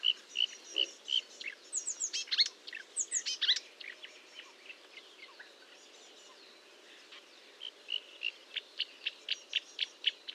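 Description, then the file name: Marsh warbler song: repeated clear notes, then a burst of varied trills and buzzes, a pause with soft notes, and a renewed series of sharp ticks. Recorded at Fontaine-Française, Fourneau, France, on 1 June 2022 at 10:55, with a Nagra recorder and Telinga microphone. "Rousserolle verderolle 1055 Fontaine-Francaise-Fourneau"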